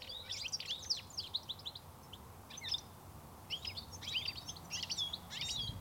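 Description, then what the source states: European goldfinch twittering, bursts of rapid tinkling high notes in clusters with short pauses. Goldfinches move restlessly in flocks among trees, giving chattering twittering amid soft, cheerful contact calls.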